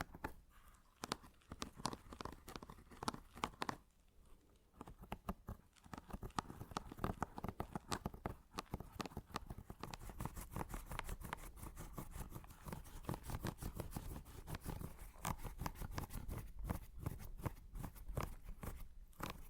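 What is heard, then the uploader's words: Scratching goes on for the whole stretch, a quick, irregular run of short rasping strokes. The strokes start sparse with brief pauses, then grow denser and steadier after about ten seconds. A low rumble stays underneath throughout. ASMR Mini Scratching (NO TALKING).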